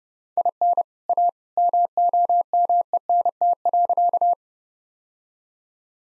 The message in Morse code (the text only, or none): IN A MOMENT.